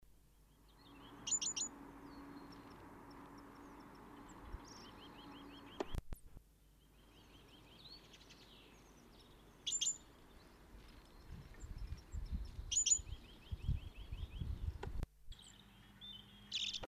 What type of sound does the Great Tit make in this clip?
call